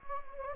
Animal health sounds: mosquito wingbeat signal from an infrared sensor; Anopheles gambiae

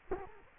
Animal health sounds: mosquito wingbeat signal from an infrared sensor; Culex quinquefasciatus

